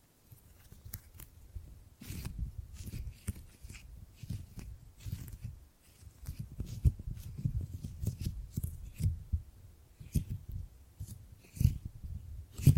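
Gripping and grabbing sounds: a busy run of low, muffled rubs and squeezes with sharp clicks and snaps scattered throughout. The handling starts softly, picks up around two seconds, briefly quiets near six, then continues steadily with frequent crisp taps to the end.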